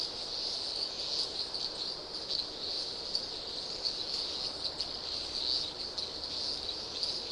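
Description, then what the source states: Crickets in a steady, shrill chorus with no pauses, faint pulsing flickers riding on the constant high trill. Various Australian insects calling, Australia.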